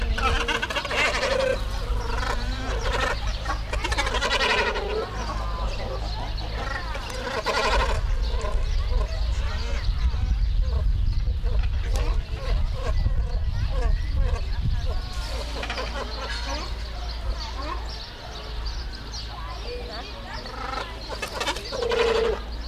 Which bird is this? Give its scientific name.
Phalacrocorax carbo